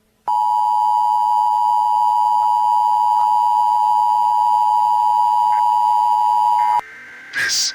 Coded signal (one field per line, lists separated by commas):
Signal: Emergency Alert System (SAME) tones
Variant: 853 and 960 Hz attention tone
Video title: BREAKING NEWS! EMERGENCY ALERT SYSTEM - HORRORLUM IS MISSING!